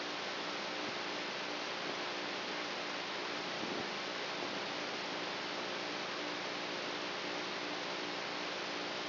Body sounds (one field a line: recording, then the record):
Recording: brain microelectrode recording played as sound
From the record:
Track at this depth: outside the subthalamic nucleus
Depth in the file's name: 0.314 mm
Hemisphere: right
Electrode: 3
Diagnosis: Parkinson's disease